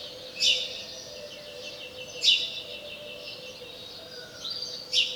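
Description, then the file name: House sparrow chirps, three crisp notes at irregular gaps, softer twitters between them and a steady low hum behind. "Passer domesticus"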